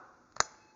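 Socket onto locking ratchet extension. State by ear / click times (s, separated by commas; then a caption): seated / 0.4 s. A socket is pushed onto a Craftsman V-Series 3/8-drive 10-inch locking extension in a quiet setting. A faint contact sound comes just before a single sharp metallic click at 0.4 s as the socket locks onto the extension. The socket is seated and locked in place.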